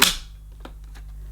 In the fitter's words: so basically just insert it into the floor head until it clicks into position